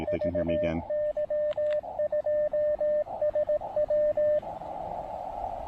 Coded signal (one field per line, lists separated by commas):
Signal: Morse code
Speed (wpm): 17 wpm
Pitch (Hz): 590 Hz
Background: radio noise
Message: VY2SW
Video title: POTA QRP and DX at Cap Tourmente National Wildlife Area in St-Joachim, Québec